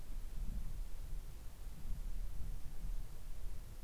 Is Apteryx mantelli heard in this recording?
no